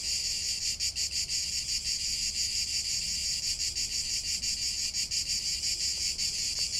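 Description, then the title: Cicada song, an intense high-pitched buzz with frequent brief dips in loudness. Cicadas singing in Provence; song described as distinctive, regular and calming, associated with summer. "Méditer en Provence avec le Chant des cigales"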